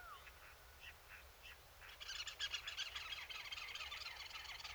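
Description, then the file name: Eurasian blackcap warbling, a few separate chirps at first, then a fast, dense run of scratchy warbled notes for the second half. "Sylvia atricapilla"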